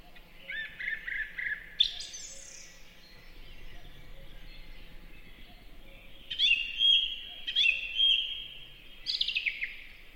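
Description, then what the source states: Song thrush song: a couple of phrases, a long pause, then three more phrases over a quiet background hum. Singing in a forest in spring.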